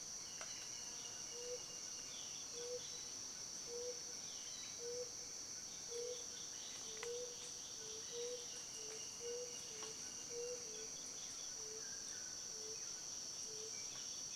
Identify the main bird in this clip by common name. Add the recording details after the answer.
Hairy-breasted Barbet. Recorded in Kibale, Uganda